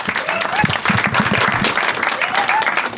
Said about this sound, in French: On applaudit bien fort.